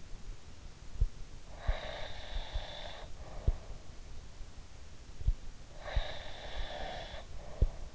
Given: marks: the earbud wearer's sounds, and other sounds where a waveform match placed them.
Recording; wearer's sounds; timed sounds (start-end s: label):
sounds in sleep by an in-ear microphone; breath
1.55-3.86 s: breath
5.78-7.95 s: breath